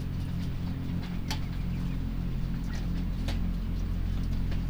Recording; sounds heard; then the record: poultry house recording; healthy chickens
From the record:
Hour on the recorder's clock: 22